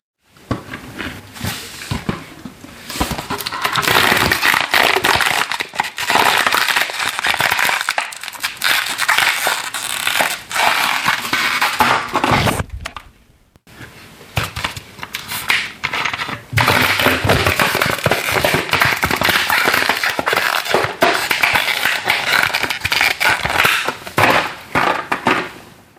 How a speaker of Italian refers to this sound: Alzandomi, ho notato che avevo ancora alcune bottiglie di plastica da buttare. Ma prima di farlo le ho schiacciate e ho avvitato il tappo per ridurne il volume.